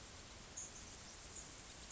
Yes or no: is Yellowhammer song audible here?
no